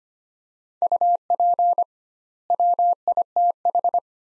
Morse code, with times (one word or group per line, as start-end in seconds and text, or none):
0.8-1.8 UP
2.5-4.0 WITH